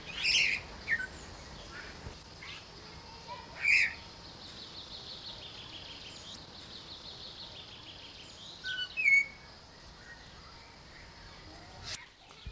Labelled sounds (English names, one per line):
Golden Myna